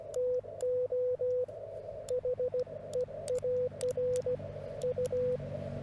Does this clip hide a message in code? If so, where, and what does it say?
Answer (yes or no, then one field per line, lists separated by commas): yes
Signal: Morse code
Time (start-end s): 0.2-5.4 s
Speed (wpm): 16 wpm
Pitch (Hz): 500 Hz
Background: none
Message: TO HEAR U